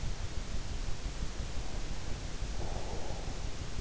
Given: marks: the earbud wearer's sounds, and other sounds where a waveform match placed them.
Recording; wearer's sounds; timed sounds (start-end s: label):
sounds in sleep by an in-ear microphone; breath
1.23-3.44 s: breath